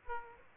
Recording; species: mosquito wingbeat signal from an infrared sensor; Aedes aegypti